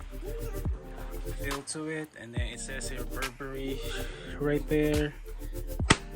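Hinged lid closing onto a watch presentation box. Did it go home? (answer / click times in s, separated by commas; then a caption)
yes / 5.9 s. Someone talks over background music while closing the hinged lid of a velvet-lined presentation box for a men's Burberry watch. The lid shuts with a sharp snap at 5.9 s, and it seats closed.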